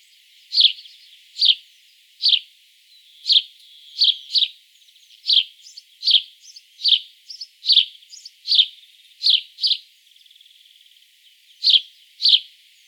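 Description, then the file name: House sparrow giving a long series of sharp chirps, some paired, spaced unevenly with softer chatter between. "Passer domesticus"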